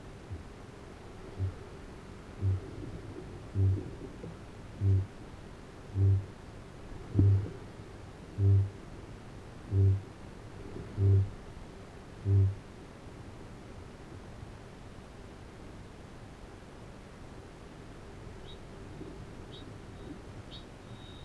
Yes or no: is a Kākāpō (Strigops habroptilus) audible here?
yes